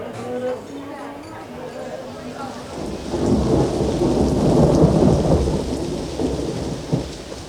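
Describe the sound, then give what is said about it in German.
A voice speaks briefly, then a thunderstorm breaks in: heavy rain hisses steadily and loudly beneath deep rolling thunder, continuing to the end with a sharper crack near the close. “kehrte auf die Terrasse zurück, als gerade ein Gewitter losbrach.”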